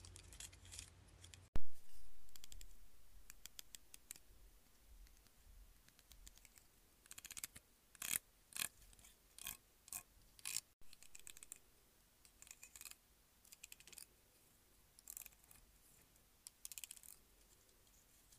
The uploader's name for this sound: ASMR Hair Clip